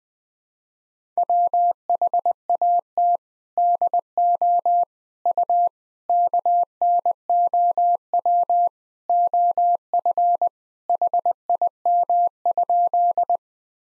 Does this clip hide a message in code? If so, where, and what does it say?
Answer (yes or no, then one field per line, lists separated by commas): yes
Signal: Morse code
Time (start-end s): 1.2-13.4 s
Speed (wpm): 21 wpm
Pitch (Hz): 700 Hz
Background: none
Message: WHAT DO U KNOW OF HIM?